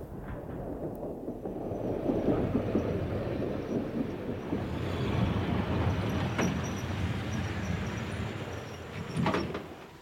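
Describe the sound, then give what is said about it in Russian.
Train number 2121-B rolls into its terminal station and slows with a steady low rumble and rattling clatter, broken by a few sharp metallic clanks and a final hiss-like burst near the end. No one speaks. “Поезд номер 2121-Би прибывает на конечную станцию.”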